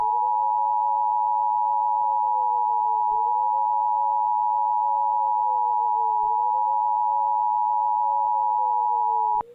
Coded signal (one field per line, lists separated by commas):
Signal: Emergency Alert System (SAME) tones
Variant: 853 and 960 Hz attention tone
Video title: EAS Mock #39: A Triple Dose of Disaster.